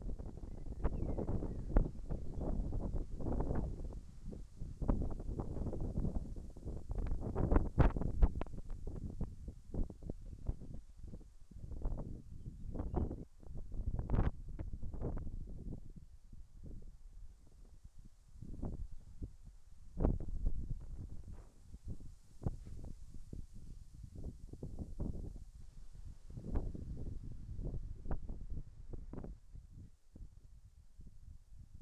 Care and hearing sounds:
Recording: everyday scene through a hearing-aid microphone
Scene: wind on the microphone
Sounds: wind, whistling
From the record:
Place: in front of a rural house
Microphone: behind the ear, right, front

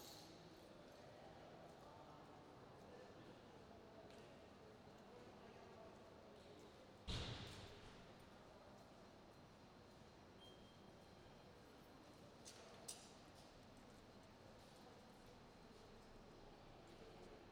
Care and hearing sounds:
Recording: everyday scene through a hearing-aid microphone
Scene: reverberant space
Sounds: background noise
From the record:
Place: railway station hall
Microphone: in the ear canal, right

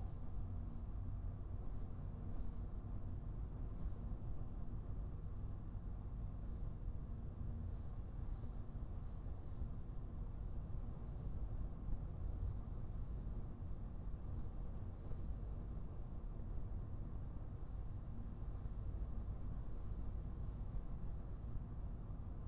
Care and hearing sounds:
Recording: everyday scene through a hearing-aid microphone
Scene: in a vehicle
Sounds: engine, highway driving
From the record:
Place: Skoda Fabia, gasoline engine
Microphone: behind the ear, right, front

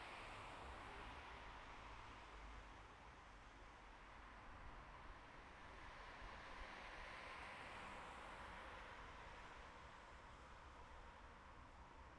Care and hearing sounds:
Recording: everyday scene through a hearing-aid microphone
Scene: in traffic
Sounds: traffic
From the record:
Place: bus stop on a city main road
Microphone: behind the ear, right, rear

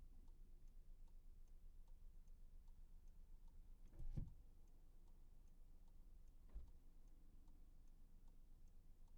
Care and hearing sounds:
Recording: everyday scene through a hearing-aid microphone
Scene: in a vehicle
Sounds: engine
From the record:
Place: Skoda Fabia, gasoline engine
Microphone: behind the ear, right, front

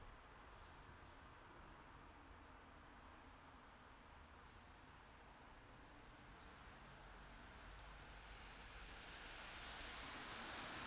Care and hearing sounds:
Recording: everyday scene through a hearing-aid microphone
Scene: in traffic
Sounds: traffic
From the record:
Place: city secondary road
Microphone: in the ear canal, right

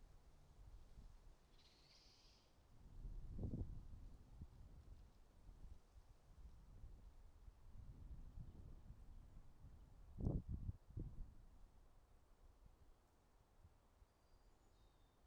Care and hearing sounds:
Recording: everyday scene through a hearing-aid microphone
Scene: wind on the microphone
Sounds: wind, traffic, birds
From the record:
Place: suburban garden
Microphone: in the ear canal, right

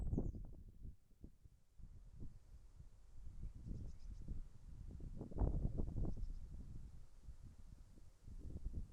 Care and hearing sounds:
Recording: everyday scene through a hearing-aid microphone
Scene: wind on the microphone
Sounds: wind, birds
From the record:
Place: in front of a rural house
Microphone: behind the ear, left, front

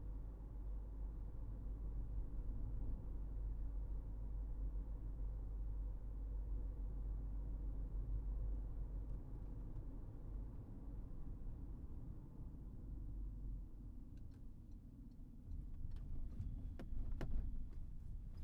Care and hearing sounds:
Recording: everyday scene through a hearing-aid microphone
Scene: in a vehicle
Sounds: engine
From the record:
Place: Berlingo II, diesel engine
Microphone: behind the ear, right, rear

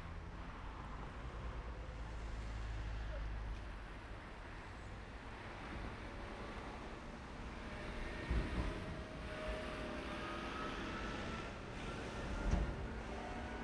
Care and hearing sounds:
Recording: everyday scene through a hearing-aid microphone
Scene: in traffic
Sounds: traffic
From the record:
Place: main road on the outskirts, rush hour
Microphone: behind the ear, right, rear

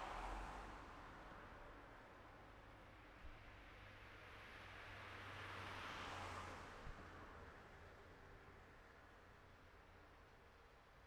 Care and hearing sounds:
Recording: everyday scene through a hearing-aid microphone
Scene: in traffic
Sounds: traffic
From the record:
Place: city secondary road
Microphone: behind the ear, right, front

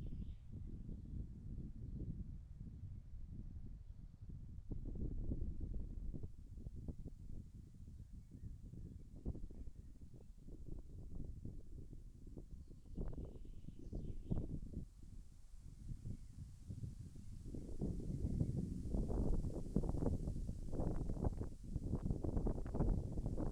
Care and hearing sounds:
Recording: everyday scene through a hearing-aid microphone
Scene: wind on the microphone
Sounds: wind, birds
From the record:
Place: in front of a rural house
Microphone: behind the ear, left, front

